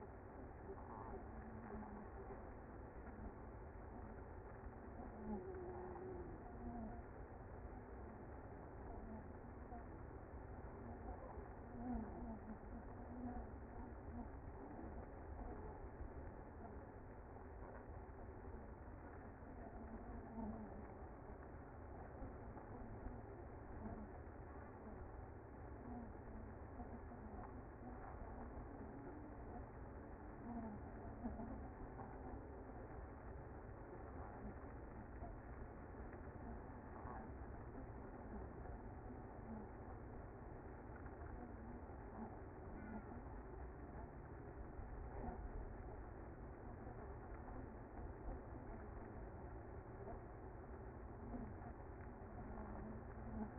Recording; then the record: honeybee colony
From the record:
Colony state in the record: active